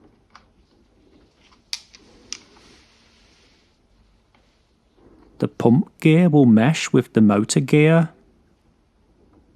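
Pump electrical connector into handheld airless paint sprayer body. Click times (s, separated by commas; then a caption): 1.7 s. The pump's electrical connector is reattached to the body of a Graco Ultra QuickShot handheld airless paint sprayer, and it clicks into place at 1.7 s, seated. A second, softer sharp tick follows at about 2.3 s amid faint handling noise. Later someone talks.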